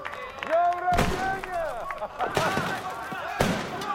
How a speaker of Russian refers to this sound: Через решетку окна видно, как отец Макса поджигает коробку с фейерверком.